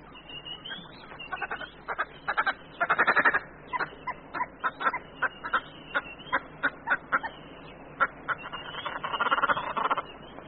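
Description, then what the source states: Red-billed hoopoe cackling: many harsh chattering pulses in an uneven series, crowded together in places. A family group cackling while climbing about trees, prying beneath bark for insects; described as one of the most disapproving sounds of the bush.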